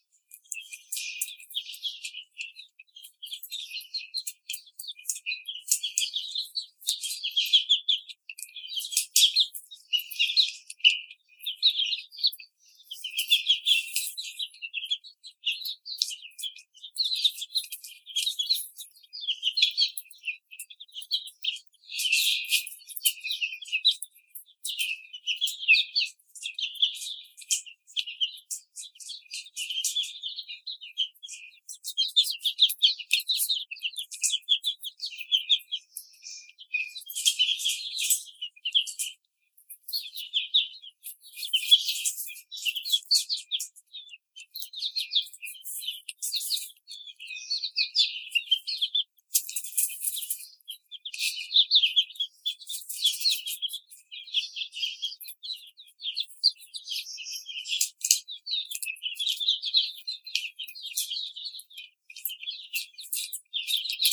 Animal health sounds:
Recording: young laying hens in a cage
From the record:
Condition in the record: treatment cage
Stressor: simulated dog barking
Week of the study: 5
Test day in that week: 1

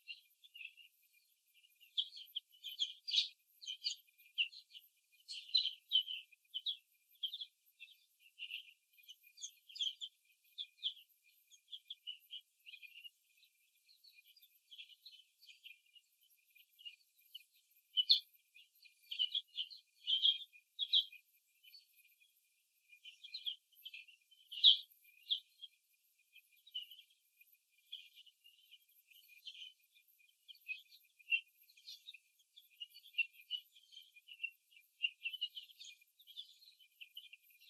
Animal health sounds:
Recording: young laying hens in a cage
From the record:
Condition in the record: after the stressor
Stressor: simulated dog barking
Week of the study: 2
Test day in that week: 3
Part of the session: 1

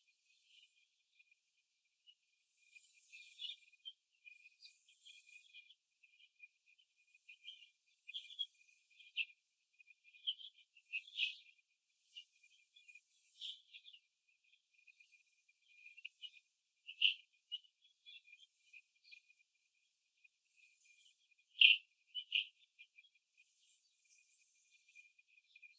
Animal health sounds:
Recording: young laying hens in a cage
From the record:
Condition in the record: after the stressor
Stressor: simulated dog barking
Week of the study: 2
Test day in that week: 2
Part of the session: 3

